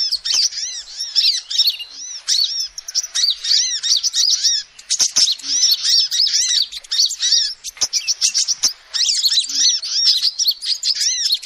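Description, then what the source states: Lovebird giving dense, shrill chirping and arched squeaks almost without pause, plus a few sharp clicks. Used as a lure (pikat) to trap birds.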